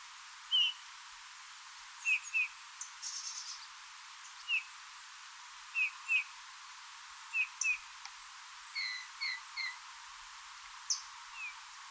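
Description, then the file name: Eurasian bullfinch giving repeated soft piping whistles, often in pairs, over a quiet background with occasional higher notes. "Pyrrhula pyrrhula"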